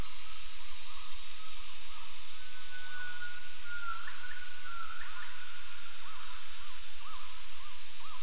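Gibbon calling with looping, upswept notes repeated over the last seconds, partly masked by a steady high background hiss.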